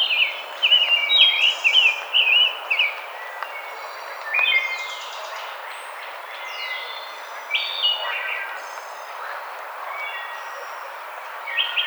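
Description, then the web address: Rose-breasted grosbeak: an opening burst of warbled whistled notes, then sparse short phrases among thin high calls from other birds. Recorded 5 May 2007. "Rose-breasted Grosbeak 2007 05 05 Rose-breasted Grosbeak"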